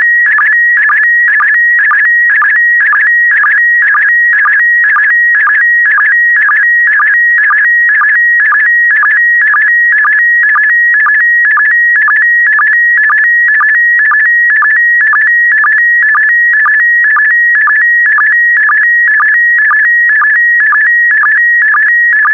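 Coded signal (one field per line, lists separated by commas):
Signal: SSTV (slow-scan television)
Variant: PD120 mode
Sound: steady warbling high tones with a rhythmic low chirp about twice per second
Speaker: transmission complete you can now check your decoded image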